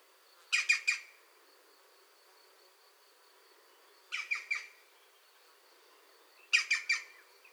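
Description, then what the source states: European green woodpecker calls, three short harsh bursts of three rasping notes, spaced a few seconds apart with quiet between. A pair active at the nest.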